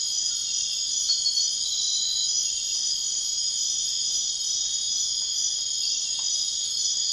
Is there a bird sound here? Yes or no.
no